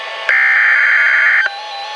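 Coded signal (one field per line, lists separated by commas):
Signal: Emergency Alert System (SAME) tones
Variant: header bursts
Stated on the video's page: NOAA weather radio flood warning and severe thunderstorm warning alerts.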